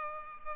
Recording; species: mosquito wingbeat signal from an infrared sensor; Culex pipiens